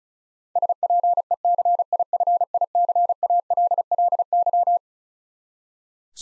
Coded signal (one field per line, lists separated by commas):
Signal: Morse code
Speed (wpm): 36 wpm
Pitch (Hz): 700 Hz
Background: none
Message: SPECIFICALLY